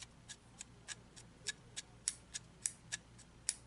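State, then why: Released. The small field-strip release wheel on the back of a CRKT/Ruger RTD R4801K folding pocket knife is turned, with the flipper lever up and light pressure held on the back, giving a steady run of sharp ticking clicks about every 0.3 seconds. The loudest clicks land at 2.1, 2.7 and 3.5 seconds, and the wheel releases so the knife comes apart for cleaning.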